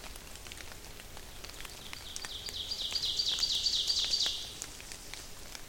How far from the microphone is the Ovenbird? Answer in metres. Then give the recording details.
about 45 m. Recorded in boreal forest in Alberta, Canada, on 28 May 2016 at 08:54. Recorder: SongMeter 3, array SBT-3-49. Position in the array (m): 54 m, 148 m. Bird 15